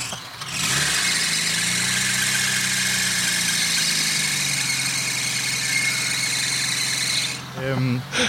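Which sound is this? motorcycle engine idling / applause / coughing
motorcycle engine idling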